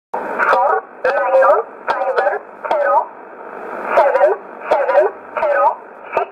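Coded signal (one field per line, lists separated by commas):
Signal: numbers station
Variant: E11 Oblique, English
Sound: about eight short evenly spaced spoken words over a narrow radio channel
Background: radio static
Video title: 14 04 2020 E11 Oblique Numbers station in English 0853 on 12202 unknown tx site in USB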